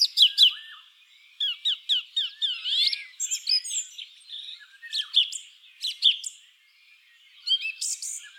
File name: song thrush